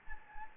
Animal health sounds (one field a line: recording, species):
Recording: mosquito wingbeat signal from an infrared sensor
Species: Anopheles gambiae